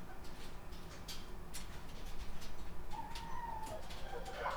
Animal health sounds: poultry house recording; healthy chickens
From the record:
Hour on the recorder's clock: 12

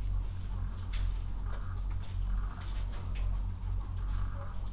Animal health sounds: poultry house recording; sick chickens (respiratory disease)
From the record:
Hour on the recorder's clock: 22

